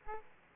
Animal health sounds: mosquito wingbeat signal from an infrared sensor; Aedes aegypti

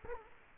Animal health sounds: mosquito wingbeat signal from an infrared sensor; Culex quinquefasciatus

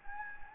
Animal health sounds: mosquito wingbeat signal from an infrared sensor; Anopheles gambiae

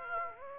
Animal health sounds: mosquito wingbeat signal from an infrared sensor; Aedes aegypti

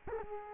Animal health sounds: mosquito wingbeat signal from an infrared sensor; Culex quinquefasciatus

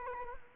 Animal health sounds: mosquito wingbeat signal from an infrared sensor; Culex quinquefasciatus

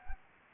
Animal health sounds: mosquito wingbeat signal from an infrared sensor; Anopheles gambiae

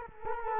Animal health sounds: mosquito wingbeat signal from an infrared sensor; Culex quinquefasciatus

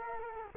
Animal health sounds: mosquito wingbeat signal from an infrared sensor; Culex quinquefasciatus

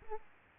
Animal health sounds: mosquito wingbeat signal from an infrared sensor; Aedes aegypti

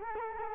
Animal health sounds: mosquito wingbeat signal from an infrared sensor; Culex quinquefasciatus

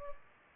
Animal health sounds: mosquito wingbeat signal from an infrared sensor; Culex pipiens

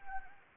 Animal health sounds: mosquito wingbeat signal from an infrared sensor; Anopheles gambiae

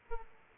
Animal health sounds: mosquito wingbeat signal from an infrared sensor; Aedes aegypti

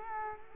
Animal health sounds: mosquito wingbeat signal from an infrared sensor; Culex quinquefasciatus

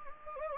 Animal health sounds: mosquito wingbeat signal from an infrared sensor; Anopheles gambiae

